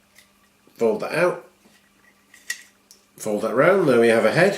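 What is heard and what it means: Someone talks while folding the head section of a Badcube Natures BCN-01 Captain Huffy plastic transforming robot figure out and round, with a few brief plastic handling taps between the words. The head panel is being handled but is not yet home: nothing has seated or clicked yet.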